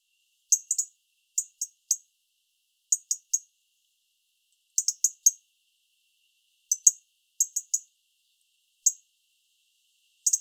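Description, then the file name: European robin ticking: short hard clicks, singly or in small groups of two or three, every second or two against a silent background. "Erithacus rubecula"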